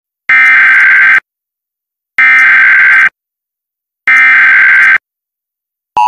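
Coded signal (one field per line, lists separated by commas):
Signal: Emergency Alert System (SAME) tones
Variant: header bursts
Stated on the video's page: Fictional EAS scenario.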